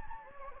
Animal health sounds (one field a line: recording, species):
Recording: mosquito wingbeat signal from an infrared sensor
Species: Anopheles gambiae